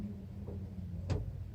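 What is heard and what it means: The second screw on an L400 sliding door handle mechanism is turned out, with a faint, brief click at 1.1 s over a low, steady background hum. The screw clicks free of its thread and is released.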